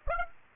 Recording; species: mosquito wingbeat signal from an infrared sensor; Aedes aegypti